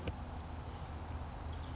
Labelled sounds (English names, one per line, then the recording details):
California Towhee
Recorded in Sonoma County, California